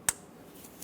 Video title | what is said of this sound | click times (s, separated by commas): How to Replace Air Charge Temperature Sensor 2003-2009 Dodge Ram 2500 5.7L V8 | make sure it clicks | 0.1 s